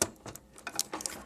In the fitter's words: here's the first click